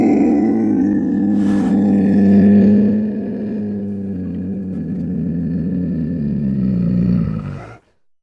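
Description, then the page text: Snow leopard giving one long, deep, rough growling roar that holds steady for about eight seconds, then cuts off abruptly. Aggressive. "Какие звуки издаёт снежный барс. ЗВУКОДАР"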